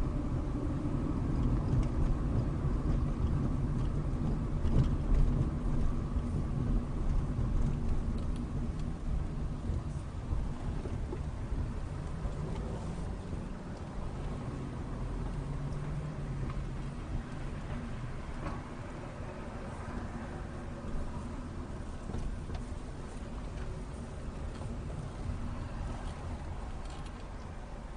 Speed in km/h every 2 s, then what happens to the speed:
27, 26, 23, 21, 15, 11, 11, 15, 13, 10, 8, 8, 10, 5.
0-9 slows to 11. 9-15 steady at about 11. 15-20 slows to 8.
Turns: 6-12.